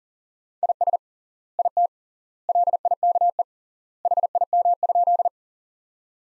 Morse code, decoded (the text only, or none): IS IT LIKE HIM?